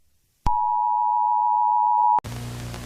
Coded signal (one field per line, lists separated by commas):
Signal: Emergency Alert System (SAME) tones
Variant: 853 and 960 Hz attention tone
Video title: eas scenario catemojibabyheat part 30 the young country bombers paper by speaker box for the